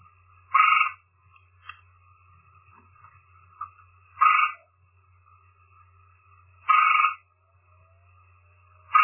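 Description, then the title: Gray treefrog song, brief pulsed trills repeated roughly every three seconds, each lasting under half a second, with steady low hum in the background. "chant hyla versicolor"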